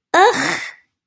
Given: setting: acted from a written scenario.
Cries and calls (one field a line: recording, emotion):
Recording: vocal sound without words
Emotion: disgust